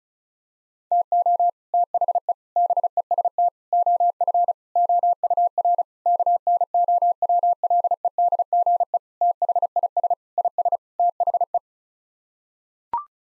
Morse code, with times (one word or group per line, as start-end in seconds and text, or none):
0.9-1.5 TO
1.7-2.3 THE
2.6-3.5 BEST
3.7-4.5 OF
4.8-5.8 OUR
6.1-9.0 KNOWLEDGE
9.2-10.1 THIS
10.4-10.8 IS
11.0-11.6 THE